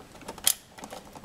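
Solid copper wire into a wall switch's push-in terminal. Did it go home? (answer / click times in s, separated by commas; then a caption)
yes / 0.5 s. A stripped black solid copper wire is pushed into the back-wire push-in terminal hole of a wall light switch until the spring clamp catches. A sharp, bright click sounds at 0.5 s among faint, softer ticks and rustling. The wire is seated in the terminal.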